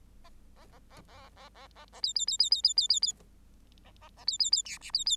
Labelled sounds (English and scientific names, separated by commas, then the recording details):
Bengalese Finch (Lonchura striata domestica) song
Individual Bird8